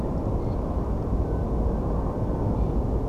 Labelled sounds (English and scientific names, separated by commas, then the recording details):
Common Snipe (Gallinago gallinago), unidentified animal sound
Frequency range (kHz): Common Snipe (Gallinago gallinago) 2.1-4.9 kHz
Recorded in France